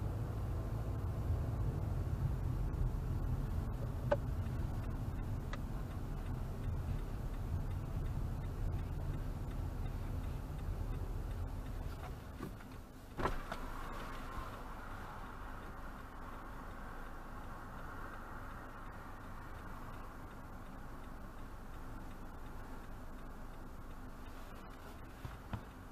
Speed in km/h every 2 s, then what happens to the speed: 15, 18, 18, 16, 13, 11, 3, 0, 0, 0, 0, 0, 0.
0-7 steady at about 16. 7-13 slows to 0. 13-26 standing.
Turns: none.